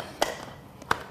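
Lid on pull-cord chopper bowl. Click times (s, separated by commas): 0.2 s, 0.9 s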